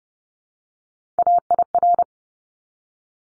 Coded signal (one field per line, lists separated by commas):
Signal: Morse code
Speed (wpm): 30 wpm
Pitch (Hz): 700 Hz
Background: none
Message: AIR